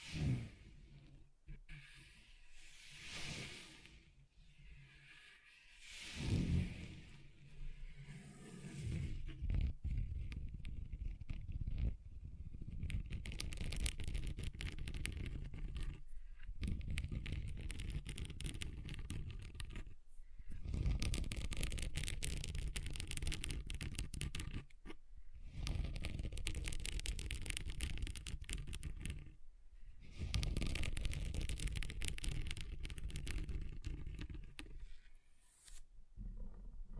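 Scratching on a table, moving across different surfaces in long, rough strokes that fill most of the time. Short gaps break the sound around 16, 20, 25, 30 and 35 seconds. The scraping is gritty and dense, with a low rumble beneath the brighter hiss.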